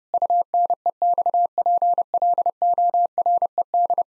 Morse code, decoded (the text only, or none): UNEXPLORED